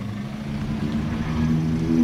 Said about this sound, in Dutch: Heel veel auto's proberen een plekje te vinden in te smalle straat. En dan moet er ook nog eens een grote zwart-gele bus van Borussia Dortmund doorheen.